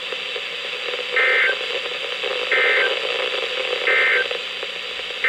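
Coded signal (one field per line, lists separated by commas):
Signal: Emergency Alert System (SAME) tones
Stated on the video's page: NOAA Weather Radio alerts from KHB36 162.550, WXM42 162.475, WNG736 162.450 and KEC83 162.400 MHz, received on Reecom and Sangean radios.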